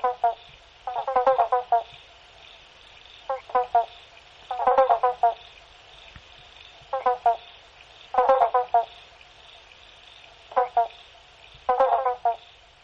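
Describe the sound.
Frog calls in short bursts of rapid, clucking pulses, each burst lasting under a second and recurring every few seconds, with a faint steady hiss behind.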